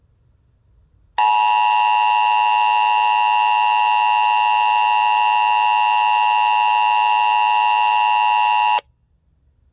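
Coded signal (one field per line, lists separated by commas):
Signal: Emergency Alert System (SAME) tones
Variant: 853 and 960 Hz attention tone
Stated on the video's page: Hobbyist EAS unit's audio output fed into a radio transmitting on a general-use frequency; the unit does not generate SAME headers.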